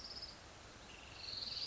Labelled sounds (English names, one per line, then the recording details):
Orange-crowned Warbler
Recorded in Sonoma County, California